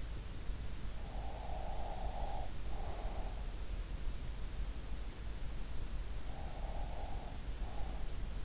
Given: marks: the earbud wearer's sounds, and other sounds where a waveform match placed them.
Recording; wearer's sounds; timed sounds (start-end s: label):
sounds in sleep by an in-ear microphone; breath
1.00-3.80 s: breath
5.89-8.45 s: breath